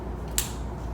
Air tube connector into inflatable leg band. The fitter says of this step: so what you do is you take that same thing where you push in there wiggle it around click